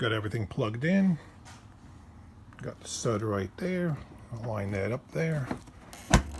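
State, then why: Seated. A Dodge Magnum headlight assembly, with its connectors already plugged in, is lined up on its mounting stud and pushed home into the car's front-end mounts while someone talks. A faint tick at 5.9 s is followed by a sharp snap at 6.1 s as the headlight assembly seats in place.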